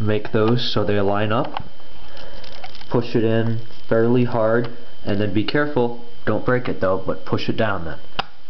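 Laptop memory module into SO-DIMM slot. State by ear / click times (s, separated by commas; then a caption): seated / 8.2 s. A DDR2 laptop memory module is lined up by its notches and pushed down into its SO-DIMM slot in an HP Pavilion dv6809wm laptop while someone talks. One sharp click at 8.2 s marks the module snapping into place, seated.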